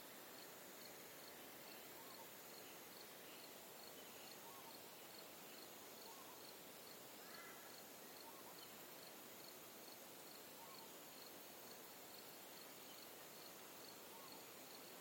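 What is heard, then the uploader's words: An early morning soundscape at a river crossing, filled with a dense, steady hiss of insects. A high cricket-like pulse repeats evenly about twice a second throughout, and a few faint bird calls rise briefly around the middle. Early morning soundscape from a causeway over the North Pine River at Juff's Crossing, Dayboro, SE Qld. Bird species that can be heard include Rose-crowned Fruit Dove, Spectacled Monarch, White-eared Monarch, Golden Whistler, Torresian Crow and Yellow-tailed Black Cockatoo.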